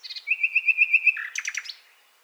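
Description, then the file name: Common nightingale song: a rapid run of clear repeated whistled notes on one pitch, then a burst of louder, varied, harsher chirps before fading. "Luscinia megarhynchos"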